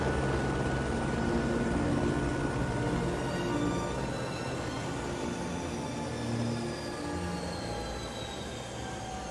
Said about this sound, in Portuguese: Deixa o helicóptero logo ali.